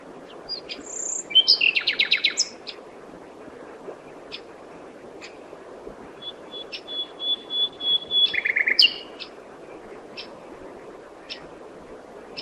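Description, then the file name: Common nightingale song: a loud rattling trill early on, scattered sharp ticks, then a series of repeated notes growing louder, with a whistle and buzz. "Luscinia megarhynchos"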